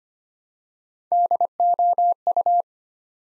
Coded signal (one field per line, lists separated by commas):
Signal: Morse code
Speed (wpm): 25 wpm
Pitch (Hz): 700 Hz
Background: none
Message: DOU